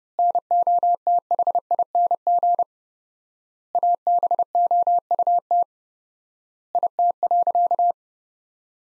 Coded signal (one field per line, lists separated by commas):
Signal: Morse code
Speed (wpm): 30 wpm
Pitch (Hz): 700 Hz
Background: none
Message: NOTHING ABOUT IT.